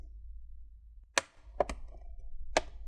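A pry pick is worked along the front edge of a Lenovo IdeaPad Slim 1 81VS laptop and twisted between the top and bottom covers to unsnap the plastic bottom cover clips. Sharp clicks sound at 1.2 s and 2.6 s, with two quieter ticks at about 1.6 s and 1.7 s. The clips pop open along the front edge and the cover is released.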